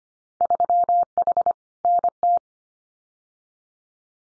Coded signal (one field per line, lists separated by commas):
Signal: Morse code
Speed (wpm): 25 wpm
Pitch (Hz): 700 Hz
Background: none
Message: 3H NT